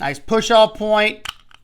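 Someone talks while handling a small fixed-blade knife at its minimal two-piece kydex sheath, using the sheath's push-off point, with a couple of faint, short ticks near the end at about 1.4 and 1.5 seconds. The knife has not yet snapped into the sheath, a sheath that has some rattle, and nothing has seated or clicked yet.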